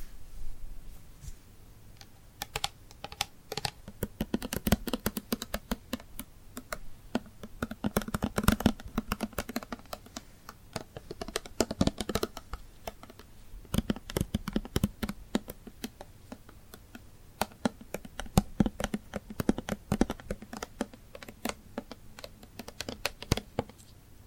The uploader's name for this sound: Tingly Glued Hand Sounds